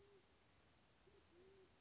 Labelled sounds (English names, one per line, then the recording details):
Band-tailed Pigeon
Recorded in Sonoma County, California